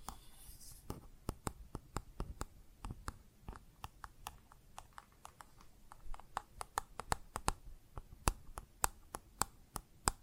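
Plastic objects are tapped in a quick, uneven run of sharp clicks, roughly two to four per second throughout. Some taps ring a little brighter than others, and a soft scratchy rustle fills the gaps, briefly louder in the first second.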